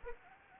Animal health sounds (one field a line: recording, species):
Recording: mosquito wingbeat signal from an infrared sensor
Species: Anopheles gambiae